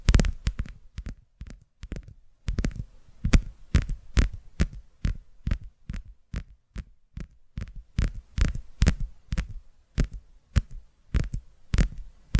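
Crisp tapping runs through the whole twelve seconds, each tap a sharp click with a soft low thump beneath it. The taps come quickly in uneven clusters and pairs, about three or four a second, with brief silent gaps between them.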